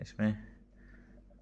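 An oxygen flowmeter and humidifier adapter is being handled at a hospital wall oxygen outlet, about to be pushed in. Someone talks briefly near the start, followed by faint low handling noise. Nothing has seated or clicked yet.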